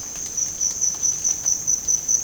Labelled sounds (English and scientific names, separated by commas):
none